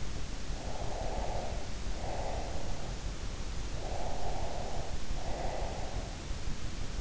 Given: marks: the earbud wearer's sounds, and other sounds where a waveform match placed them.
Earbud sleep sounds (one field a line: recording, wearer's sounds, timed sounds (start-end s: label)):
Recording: sounds in sleep by an in-ear microphone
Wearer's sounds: breath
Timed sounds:
0.59-2.89 s: breath
3.79-6.22 s: breath